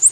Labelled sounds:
Prothonotary Warbler flight call

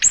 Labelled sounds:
Ovenbird flight call

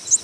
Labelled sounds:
Prothonotary Warbler flight call

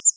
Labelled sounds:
Grace's Warbler flight call

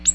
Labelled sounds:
Ovenbird flight call

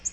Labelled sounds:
Nashville Warbler flight call

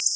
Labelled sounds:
Black-throated Blue Warbler flight call

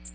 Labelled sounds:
American Redstart flight call

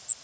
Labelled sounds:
Cape May Warbler flight call

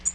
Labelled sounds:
Tennessee Warbler flight call

